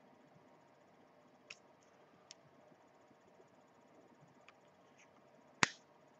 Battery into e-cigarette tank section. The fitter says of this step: just snap right in place completing